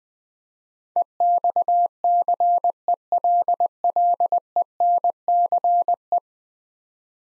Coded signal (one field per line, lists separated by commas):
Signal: Morse code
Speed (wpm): 20 wpm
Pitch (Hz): 700 Hz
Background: none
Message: EXCELLENCE